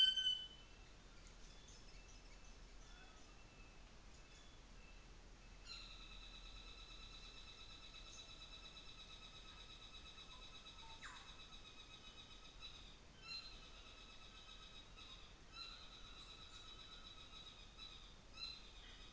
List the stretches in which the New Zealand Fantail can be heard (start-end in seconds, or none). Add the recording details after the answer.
1.01-3.41, 4.06-4.54. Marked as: faintness 5/5, faintness 2/5. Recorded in New Zealand on 24 December 2018. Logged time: 17:00